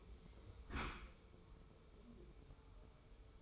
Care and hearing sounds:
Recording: daily activity, microphone in the room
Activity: close dishwasher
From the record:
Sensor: 1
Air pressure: 1015.0 hPa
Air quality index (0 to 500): 25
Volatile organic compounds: 0 ppm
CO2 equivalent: 501 ppm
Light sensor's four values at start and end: 13/30/12/13 and 13/30/12/13

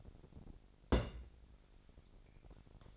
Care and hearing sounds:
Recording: daily activity, microphone in the room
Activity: place on stove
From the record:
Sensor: 5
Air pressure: 1012.2 hPa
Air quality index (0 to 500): 237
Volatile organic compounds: 4 ppm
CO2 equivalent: 1574 ppm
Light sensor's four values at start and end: 53/119/51/55 and 52/119/51/55

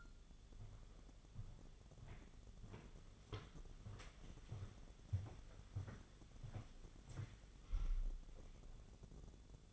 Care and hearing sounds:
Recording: daily activity, microphone in the room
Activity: walk to room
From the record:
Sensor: 4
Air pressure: 1000.8 hPa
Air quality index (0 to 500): 115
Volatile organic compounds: 1 ppm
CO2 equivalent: 877 ppm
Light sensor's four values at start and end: 92/228/98/104 and 89/219/94/100

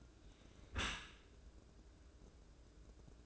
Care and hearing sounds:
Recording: daily activity, microphone in the room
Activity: close dishwasher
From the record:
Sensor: 2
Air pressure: 1012.2 hPa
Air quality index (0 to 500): 147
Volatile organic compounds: 2 ppm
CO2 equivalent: 1075 ppm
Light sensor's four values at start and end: 270/661/267/268 and 267/656/265/266

